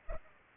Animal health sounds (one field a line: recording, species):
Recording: mosquito wingbeat signal from an infrared sensor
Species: Culex pipiens